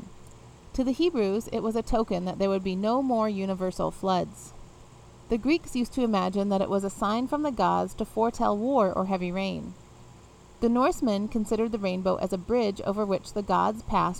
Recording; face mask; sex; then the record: reading aloud; none; female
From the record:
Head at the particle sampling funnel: facing it